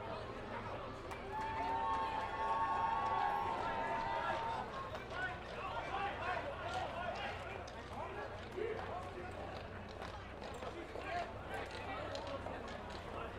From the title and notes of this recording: Traditional goose riding ceremony, Belgium. It is mainly goose riding on horseback that is concerned. Recorded by Tony van Dorst.